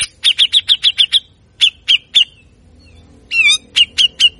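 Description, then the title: Grey-cheeked bulbul delivering a quick run of sharp, scratchy notes, then a few spaced single notes and a brief wavering phrase before more clipped notes. Loud, harsh rapid song bursts (besetan kasar), meant to provoke other birds of the same kind. "MASTERAN CUCAK JENGGOT GACOR FULL BESETAN KASAR DURASI PANJANG !!! Pasti Langsung Emosi Jenggot Manapun Dengar Jeritan Cucak Jenggot Ini"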